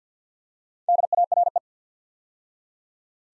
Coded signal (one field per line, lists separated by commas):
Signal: Morse code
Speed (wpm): 48 wpm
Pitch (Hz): 700 Hz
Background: none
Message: DARE